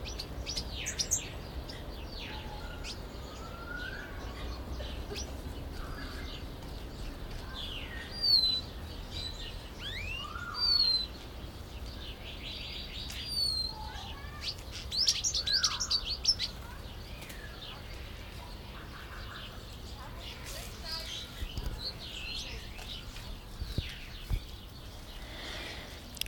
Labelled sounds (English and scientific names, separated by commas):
Pin-tailed Whydah (Vidua macroura)